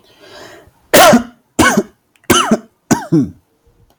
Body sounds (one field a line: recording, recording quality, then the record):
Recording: shallow voluntary cough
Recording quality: excellent, no background noise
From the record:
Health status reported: healthy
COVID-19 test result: not tested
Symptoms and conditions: none ticked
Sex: male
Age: 25 years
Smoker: not ticked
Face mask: not worn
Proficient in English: yes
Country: India